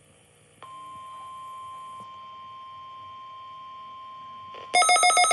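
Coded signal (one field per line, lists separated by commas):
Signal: Emergency Alert System (SAME) tones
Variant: 1050 Hz attention tone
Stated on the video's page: Required Weekly Test received on a weather radio.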